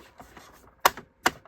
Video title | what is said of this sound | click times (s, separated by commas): Unboxing entire puppet master collection #puppetmaster #neca #adultcollector #horror | Snaps right into place. | 0.9 s, 1.3 s